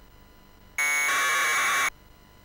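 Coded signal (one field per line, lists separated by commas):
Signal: packet radio (AX.25, as in APRS)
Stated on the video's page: 2m-band APRS packets received by a DRA818 transceiver with an Arduino Pro-Mini providing raw data.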